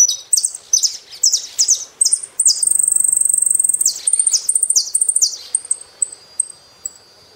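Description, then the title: Saffron finch song: high chirps leading into a long fast trill, more chirped notes, then scattered short high calls. "Jilguero Argentino"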